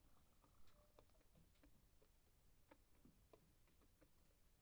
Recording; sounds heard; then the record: poultry house recording; sick chickens (respiratory disease)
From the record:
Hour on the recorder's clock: 0